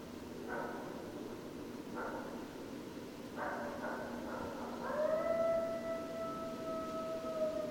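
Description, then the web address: Coyote calls: short yipping bursts near the start, then a long, steady, slightly falling howl held for about three seconds. Recorded 6 January 2013; several coyotes. "Coyote 2013 01 06 Coyotes"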